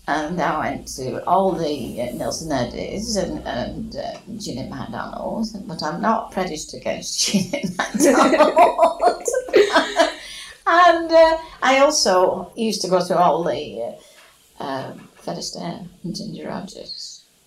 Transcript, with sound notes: And I went to all the Nelson Eddys and erm, Jeanette MacDonald. But I'm not prejudiced against Jeanette MacDonald. [laughs] And eh, I also used to go to all the erm, Fred Astaire and Ginger Rogers.